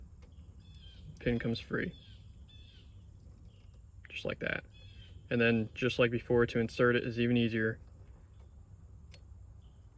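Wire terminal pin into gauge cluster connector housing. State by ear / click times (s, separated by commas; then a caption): seated / 9.1 s. A wire terminal pin is pushed into the cavity of the plastic C2 connector for a 3rd-gen Dodge Ram's gauge cluster until it locks. Someone talks over a low, steady background hiss, then a short, sharp click comes at 9.1 s as the pin seats in the connector housing.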